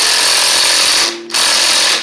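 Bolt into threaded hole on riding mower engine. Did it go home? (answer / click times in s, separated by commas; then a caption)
no / 1.3 s. A power tool drives a bolt tight into a threaded hole on the Briggs V-twin engine of a Poulan Pro (Craftsman) riding mower, producing a steady high-pitched whine that drops briefly to a low hum around 1.1 s. A sharp hit at 1.3 s is followed by a louder, longer ringing burst at 1.4 s as the tool runs again. The bolt strips, with the threads having already been cross-threaded before.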